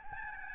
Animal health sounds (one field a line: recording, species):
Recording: mosquito wingbeat signal from an infrared sensor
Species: Aedes albopictus